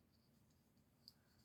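The peg of a plastic display stand is pushed into a small hole in the bottom of a plastic Star Wars Return of the Jedi Vintage Collection speeder bike toy with its Scout Trooper. A sharp, high click at 1.1 s cuts through quiet low background noise. The peg pops in and the bike is seated on its stand.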